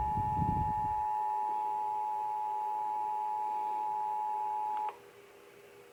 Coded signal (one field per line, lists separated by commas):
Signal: Emergency Alert System (SAME) tones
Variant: 853 and 960 Hz attention tone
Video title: KLOVE Just had to mock Tennessee... Virginia Required Monthly Test 10/3/22 (EAS #397-401) EAS #400!!